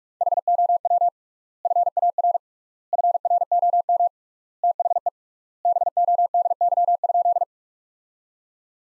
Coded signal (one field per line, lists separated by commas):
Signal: Morse code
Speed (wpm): 46 wpm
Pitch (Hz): 700 Hz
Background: none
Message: HOW FAR FROM THE BODY?